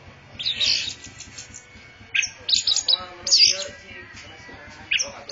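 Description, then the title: Orange-headed thrush song: short bright whistled phrases and chattering notes in separate bursts, with brief pauses between them and a faint low hum beneath. Champion-class orange-headed thrush singing energetically, described as gacor, teler and doyong. "Kicau Mania Suara Burung Anis Merah Gacor Teler Doyorng Juara"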